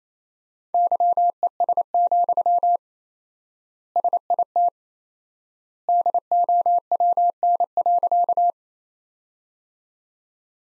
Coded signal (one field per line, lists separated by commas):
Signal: Morse code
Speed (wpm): 28 wpm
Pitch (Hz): 700 Hz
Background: none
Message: YES, SIT DOWN.